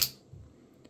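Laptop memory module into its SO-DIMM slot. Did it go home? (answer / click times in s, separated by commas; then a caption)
no / none. A laptop memory module, angled into its SO-DIMM slot in a Lenovo Legion Slim 5 (i7-13th gen, 16 GB, 1 TB, RTX 4060), is handled before being pressed down with two fingers on both ends so the slot clips catch it. A bright bristly rustle opens the clip, followed by soft low handling noise and a faint tick near 0.9 s. Nothing has seated or clicked yet.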